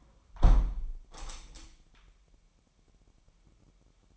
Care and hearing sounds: daily activity, microphone in the room; close window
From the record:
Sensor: 1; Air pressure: 998.1 hPa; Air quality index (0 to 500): 140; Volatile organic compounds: 4 ppm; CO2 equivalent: 1682 ppm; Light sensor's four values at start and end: 16/53/21/21 and 16/54/22/22

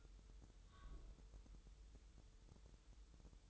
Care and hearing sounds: daily activity, microphone in the room; take from stove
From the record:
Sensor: 3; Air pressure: 988.3 hPa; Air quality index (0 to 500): 191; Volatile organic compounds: 266 ppm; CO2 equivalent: 4401 ppm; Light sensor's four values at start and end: 24/76/32/27 and 24/76/32/27

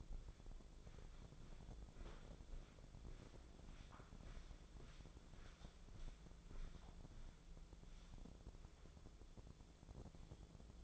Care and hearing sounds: daily activity, microphone in the room; walk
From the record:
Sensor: 5

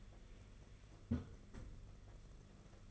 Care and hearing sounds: daily activity, microphone in the room; close fridge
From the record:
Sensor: 4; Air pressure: 992.6 hPa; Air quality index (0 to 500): 168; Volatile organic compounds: 239 ppm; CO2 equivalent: 4331 ppm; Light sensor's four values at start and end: 19/66/24/25 and 19/67/25/25

